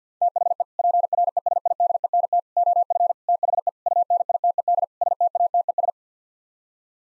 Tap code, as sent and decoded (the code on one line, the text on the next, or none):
none